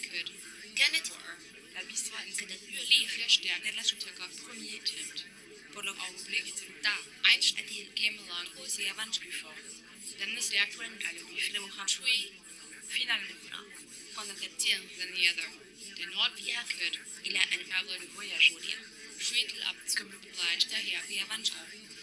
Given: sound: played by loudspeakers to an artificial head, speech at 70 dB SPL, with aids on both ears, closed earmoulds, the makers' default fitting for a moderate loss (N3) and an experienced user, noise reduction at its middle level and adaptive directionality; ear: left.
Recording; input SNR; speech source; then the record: speech test signal (ISTS) in cocktail-party noise; -3 dB; in front (0 degrees)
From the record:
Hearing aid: class 2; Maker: J